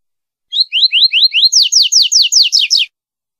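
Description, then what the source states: Seedeater song: a quick run of about five rising slurred whistles, then about seven higher, downward-sweeping notes, each note in rapid succession, lasting just over two seconds. Female.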